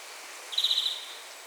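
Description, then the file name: European greenfinch call: a short, rapid trill at a steady high pitch, over a constant background hiss. "Chloris chloris"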